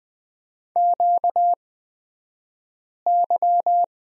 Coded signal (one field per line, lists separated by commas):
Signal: Morse code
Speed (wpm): 20 wpm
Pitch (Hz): 700 Hz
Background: none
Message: QY